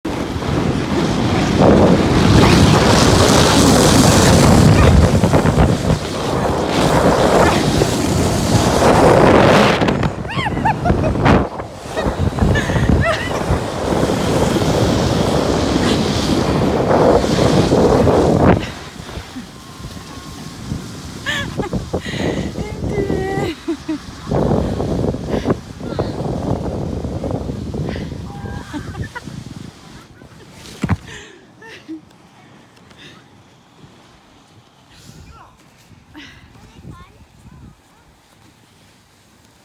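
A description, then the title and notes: Snow tubing downhill: a loud rushing, wind-buffeted slide for about eighteen seconds, then slower scraping with a voice before quieting near thirty seconds. Tubing in the Midwest United States. Whats it like snow tubing down a hill in the winter time?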